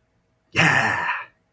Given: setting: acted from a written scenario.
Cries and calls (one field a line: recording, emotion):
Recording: vocal sound without words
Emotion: triumph